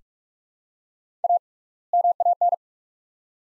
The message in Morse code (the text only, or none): A MAN